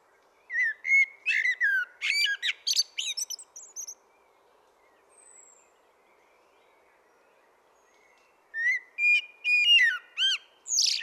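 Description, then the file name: Common blackbird song: a long run of fluted whistles and sharp high notes, a pause of several seconds, then another whistled phrase with a shrill ending. "Turdus merula"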